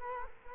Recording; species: mosquito wingbeat signal from an infrared sensor; Culex quinquefasciatus